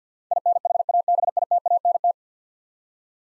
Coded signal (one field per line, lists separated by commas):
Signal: Morse code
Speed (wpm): 50 wpm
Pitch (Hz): 700 Hz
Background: none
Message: INHABITANT